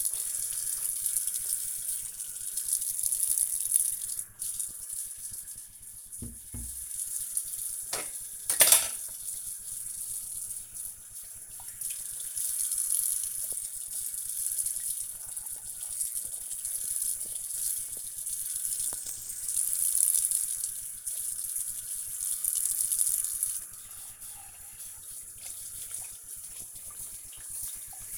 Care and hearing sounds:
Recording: household activities, microphone on the right wrist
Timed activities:
0.00-28.18 s: washing dishes

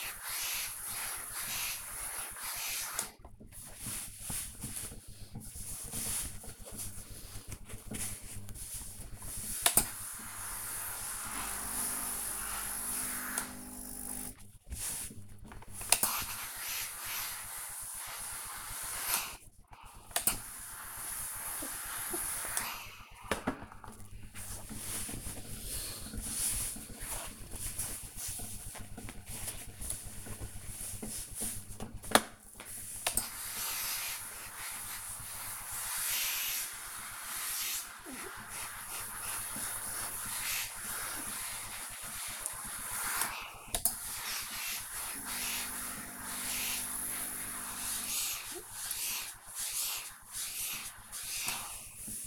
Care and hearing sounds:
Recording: household activities, microphone on the right wrist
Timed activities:
0.00-52.27 s: ironing laundry

